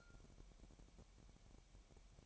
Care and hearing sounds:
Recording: daily activity, microphone in the room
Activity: take from stove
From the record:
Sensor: 1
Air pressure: 1012.1 hPa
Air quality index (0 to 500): 227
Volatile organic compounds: 5 ppm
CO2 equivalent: 1808 ppm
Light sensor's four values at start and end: 63/150/64/68 and 63/150/64/68

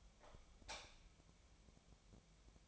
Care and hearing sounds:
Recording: daily activity, microphone in the room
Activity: light off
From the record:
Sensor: 1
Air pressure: 1000.0 hPa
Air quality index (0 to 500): 130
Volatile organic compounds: 2 ppm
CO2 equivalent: 1234 ppm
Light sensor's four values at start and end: 36/96/39/47 and 33/84/35/43

